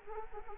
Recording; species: mosquito wingbeat signal from an infrared sensor; Anopheles arabiensis